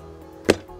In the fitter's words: you'll hear it pop in that's